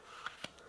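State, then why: Seated. A plastic lid or module is pushed onto a modular container, and two quick clicks ring out at 0.3 s and 0.4 s. The lid snaps into place.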